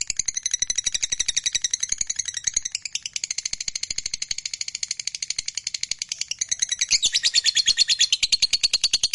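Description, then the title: Lovebird singing nonstop, a dense stream of rapid high-pitched chirps and trills that shifts in tone and grows louder near the end. Fighter-type lovebird, described as gacor, singing energetically. "Berkat SUARA Lovebird FIGHTER GACOR Ini"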